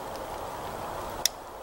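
A steel leghold trap is being set, with its dog pushed down under the loose jaw until it latches under the pan. Over a steady low background hiss, a single sharp, bright click sounds at 1.2 s. The dog seats in the set position.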